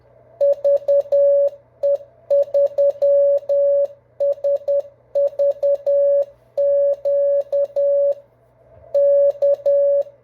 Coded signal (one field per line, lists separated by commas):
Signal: Morse code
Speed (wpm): 10 wpm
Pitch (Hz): 560 Hz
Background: none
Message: VE3SVQ K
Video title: NEW MORSE CODE OPS TRY THE K1USN SST FOR SLOWER SPEED CONTACTS